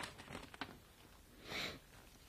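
Faint rustling of a paper document being handled, with a few soft crinkles and light taps early on, then a brief hissy swish of a sheet being moved, all quiet and with no voices.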